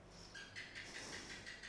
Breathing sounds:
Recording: one breath in and out by a microphone near the nose and mouth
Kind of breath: normal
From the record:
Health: marked as sick, illness not named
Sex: female

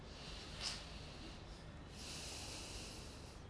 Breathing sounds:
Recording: one breath in and out by a microphone near the nose and mouth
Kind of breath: deep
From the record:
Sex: male

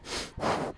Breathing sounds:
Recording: one breath in and out by a microphone near the nose and mouth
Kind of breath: strong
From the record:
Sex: male

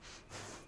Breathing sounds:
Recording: one breath in and out by a microphone near the nose and mouth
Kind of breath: strong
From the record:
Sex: female

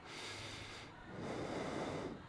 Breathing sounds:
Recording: one breath in and out by a microphone near the nose and mouth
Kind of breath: normal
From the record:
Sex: male

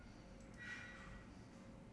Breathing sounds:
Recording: one breath in and out by a microphone near the nose and mouth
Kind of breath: normal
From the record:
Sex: male

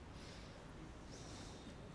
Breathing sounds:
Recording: one breath in and out by a microphone near the nose and mouth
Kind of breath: normal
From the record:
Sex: male

